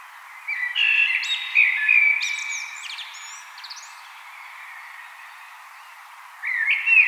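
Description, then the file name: Common blackbird with a long fluty warbled phrase that breaks into high scratchy twittering, then a quiet gap of a few seconds before the next mellow phrase starts. "Turdus merula"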